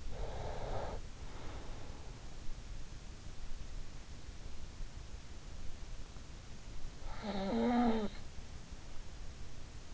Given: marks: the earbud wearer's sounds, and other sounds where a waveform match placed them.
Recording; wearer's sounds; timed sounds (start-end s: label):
sounds in sleep by an in-ear microphone; breath, snoring breath
0.00-1.82 s: breath
7.15-8.16 s: snoring breath